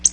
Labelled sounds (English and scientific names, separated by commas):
Black-throated Blue Warbler (Setophaga caerulescens) flight call